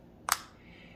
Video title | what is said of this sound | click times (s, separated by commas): How To Remove A Micro SD Card From A Nintendo Switch | And then if you keep pushing it up, you'll hear the second click, | 0.3 s